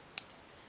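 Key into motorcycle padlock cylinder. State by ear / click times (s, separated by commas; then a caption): seated / 0.2 s. A key is pushed fully into the cylinder of a motorcycle disc padlock, and a spring-loaded actuator at the bottom of the lock gives a sharp, bright click at 0.2 s as the key reaches the end and seats home. A much fainter tick follows at 0.3 s, and the rest is quiet with no talk.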